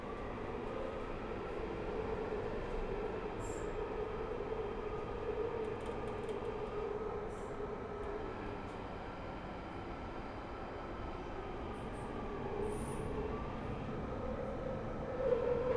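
An empty Underground train rolls along with a steady, dense rumble and a droning hum in the low-middle range. A faint whine drifts slowly in pitch, and brief high squeaks and clicks flick through now and then, with a slight rise near the end.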